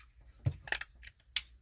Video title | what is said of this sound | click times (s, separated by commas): Transformers Studio Series 86 SWOOP Review | now it's going to catch into lock into place | 1.4 s